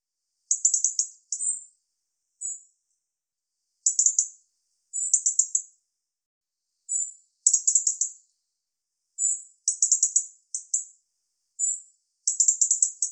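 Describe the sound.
European robin calling steadily with clusters of sharp high ticks mixed with single thin whistled notes, repeated roughly every second or two.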